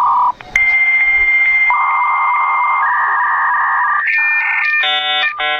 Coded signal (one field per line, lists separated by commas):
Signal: dial-up modem handshake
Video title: Tech Scammer Doesnt know what Dialup 56K Internet is.